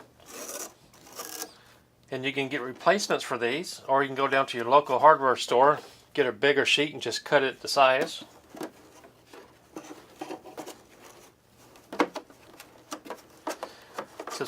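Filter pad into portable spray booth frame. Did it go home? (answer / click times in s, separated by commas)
yes / 12.0 s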